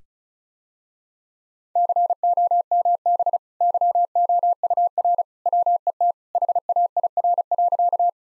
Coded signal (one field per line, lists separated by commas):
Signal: Morse code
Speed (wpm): 34 wpm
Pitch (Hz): 700 Hz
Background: none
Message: COMB YOUR WET HAIR.